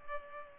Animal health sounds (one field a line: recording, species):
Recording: mosquito wingbeat signal from an infrared sensor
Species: Culex pipiens